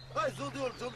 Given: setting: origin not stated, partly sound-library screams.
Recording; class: one-second piece from a danger detection set; normal situation